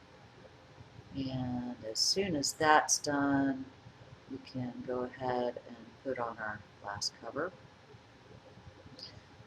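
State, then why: Seated. Someone talks while the last plastic cover is put back onto the lawn mower engine's air cooling system shroud. A single short click sounds at 9.0 seconds as the cover's clips snap into place, seating it.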